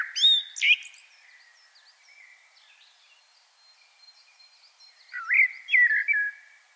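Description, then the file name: Common blackbird singing loud fluted whistles, then a quiet stretch with faint background birds, then another looping mellow phrase. "Turdus merula"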